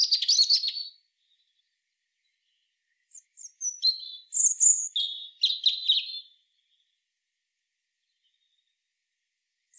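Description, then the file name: European robin: a rapid high trill, a two-second pause, then a phrase of scattered thin whistles and quick warbled notes. "Erithacus rubecula"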